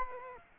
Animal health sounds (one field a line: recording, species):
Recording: mosquito wingbeat signal from an infrared sensor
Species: Culex quinquefasciatus